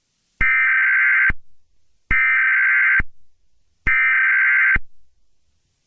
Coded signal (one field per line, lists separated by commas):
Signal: Emergency Alert System (SAME) tones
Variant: header bursts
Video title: (EAS Scenario #2) Nuclear Mayhem